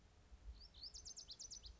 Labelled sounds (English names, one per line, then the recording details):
Lazuli Bunting
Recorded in Sonoma County, California